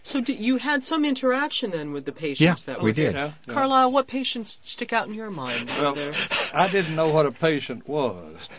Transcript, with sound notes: So you did, you had some interaction, then, with the patients that were here.
Yeah, we did.
Yeah.
Carlisle, what patients stick out in your mind? (laughs)
Well, there, I didn't know a patient was.